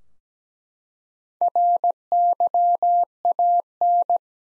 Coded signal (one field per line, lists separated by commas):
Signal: Morse code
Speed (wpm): 17 wpm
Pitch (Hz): 700 Hz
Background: none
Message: RYAN